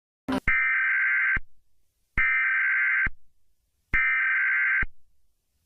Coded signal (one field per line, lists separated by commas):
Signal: Emergency Alert System (SAME) tones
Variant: header bursts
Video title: Doodle Kaden reacts to @C_T_C09Official 's Little Einsteins.exe EAS scenario (CHILDHOOD RUINED)